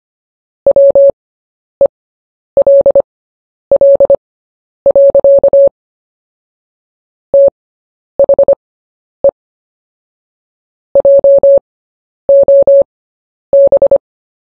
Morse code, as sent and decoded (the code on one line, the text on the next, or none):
.-- . .-.. .-.. .-.-.- / - .... . / .--- --- -...
WELL. THE JOB